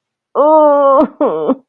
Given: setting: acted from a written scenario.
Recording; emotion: vocal sound without words; pain